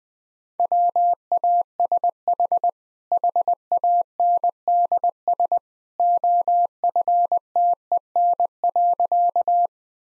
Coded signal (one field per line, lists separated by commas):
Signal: Morse code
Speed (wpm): 21 wpm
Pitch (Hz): 700 Hz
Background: none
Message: WASH HANDS OFTEN.